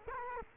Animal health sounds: mosquito wingbeat signal from an infrared sensor; Culex quinquefasciatus

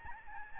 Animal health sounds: mosquito wingbeat signal from an infrared sensor; Aedes albopictus

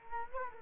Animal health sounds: mosquito wingbeat signal from an infrared sensor; Culex quinquefasciatus

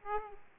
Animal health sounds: mosquito wingbeat signal from an infrared sensor; Aedes aegypti

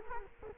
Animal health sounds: mosquito wingbeat signal from an infrared sensor; Culex quinquefasciatus

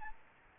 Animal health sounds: mosquito wingbeat signal from an infrared sensor; Aedes albopictus

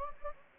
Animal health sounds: mosquito wingbeat signal from an infrared sensor; Anopheles gambiae

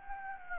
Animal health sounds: mosquito wingbeat signal from an infrared sensor; Anopheles gambiae

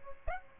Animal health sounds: mosquito wingbeat signal from an infrared sensor; Aedes aegypti

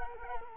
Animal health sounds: mosquito wingbeat signal from an infrared sensor; Culex quinquefasciatus

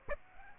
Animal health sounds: mosquito wingbeat signal from an infrared sensor; Aedes aegypti

